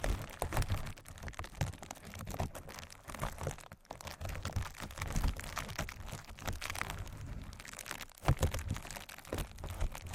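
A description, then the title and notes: Busy crinkling fills the whole ten seconds, a dense run of small crackles and crunches with no real pause. The texture is bright and papery over a soft low rustle, with a brief near-silent gap just before four seconds and sharper bursts around eight. Crinkles.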